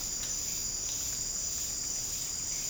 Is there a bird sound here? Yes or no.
no